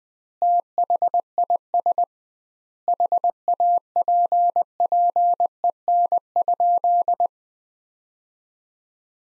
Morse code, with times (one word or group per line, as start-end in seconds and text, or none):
0.4-2.0 THIS
2.9-7.3 HAPPEN?